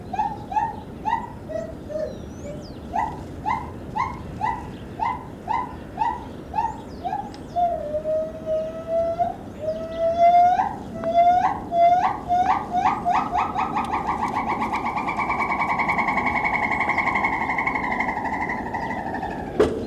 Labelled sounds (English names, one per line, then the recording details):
Borneo Gibbon
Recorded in captivity
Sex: female
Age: adult
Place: Tierpark Berlin, Berlin, DE
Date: 1970-10-24
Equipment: Uher 4200 Report Stereo, Tesla Verstärker, Sennheiser MD 421, Doppelspuraufnahme
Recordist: Tembrock, Günter